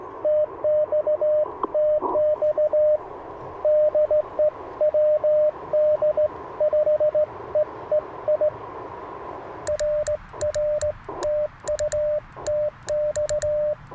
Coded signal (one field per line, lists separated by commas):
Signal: Morse code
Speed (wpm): 17 wpm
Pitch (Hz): 600 Hz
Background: radio noise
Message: TX TX DE WD5EEI RR TU TX